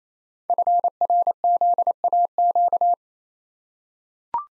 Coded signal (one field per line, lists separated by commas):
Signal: Morse code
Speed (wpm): 29 wpm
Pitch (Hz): 700 Hz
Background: none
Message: FRZAQ